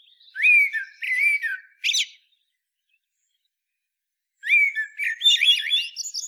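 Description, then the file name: Eurasian blackbird giving melodious fluty warbles with a sharp high squeak, a pause, then a longer phrase trailing into a busy twittering flourish. "Turdus merula"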